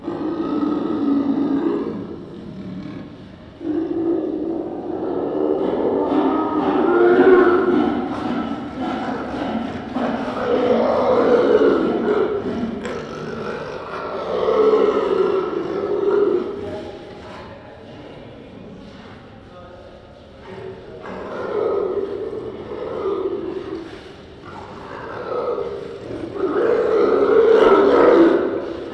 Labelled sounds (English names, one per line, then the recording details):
Leopard call
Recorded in captivity
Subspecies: delacouri
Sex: pair
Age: adult
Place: Tierpark Berlin, Berlin, DE
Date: 1968-03-03 09:00
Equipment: R 20/1, Sennheiser MD 421
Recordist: Tembrock, Günter
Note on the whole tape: Malaya-Leopard. Männchen: Rufe, dann zum Weibchen auf Brett, Nackenbiß, sie dreht sich auf Rücken (Laute), springt nach unten und vorn ans Gitter, er reitet auf, Kopula unvollständig, Nackenbiß, dann keckernde Laute beim Loslassen. Abstand: erst 12 m, später 3 m. Aufnahmezeit: 9.00-12.00 Uhr